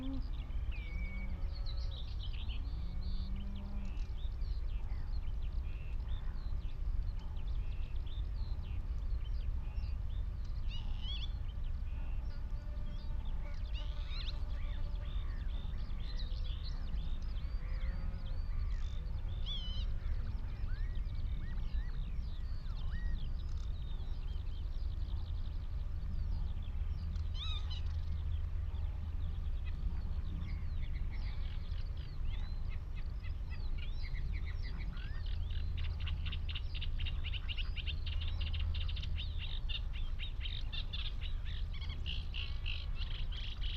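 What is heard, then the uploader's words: Lapwings, redshank, warblers, geese and ducks call over a steady low rumble, with dense chirps and whistles throughout and a trilling burst near the end. The Hoo Peninsula is a vast open landscape on the Thames Estuary. The mics (recording alone) were lodged in a hawthorn tree on Higham Marshes nature reserve and pointed out over a watery marsh. Close to the mics lapwings, redshank and cetti's warblers call, as well as geese and ducks that are familiar sounds to us urban dwellers. Skylarks circle above the farmland straight ahead on the other side of the marsh.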